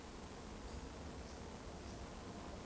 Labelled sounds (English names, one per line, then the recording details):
Eurasian Woodcock whistle
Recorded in Baden-Württemberg, Germany, on 23 June 2020 at 20:32 UTC
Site 14569, 102 m above sea level